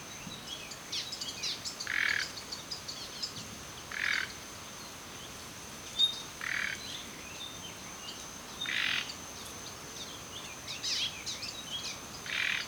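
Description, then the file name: Common nightingale calls: short rasping bursts repeated roughly every two seconds, mixed with faint thin chirps, over a steady high-pitched whine. "Luscinia megarhynchos"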